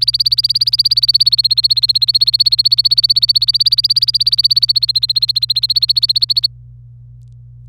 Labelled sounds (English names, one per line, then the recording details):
Domestic Canary song
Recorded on 26 April 2018 at 07:10
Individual llb3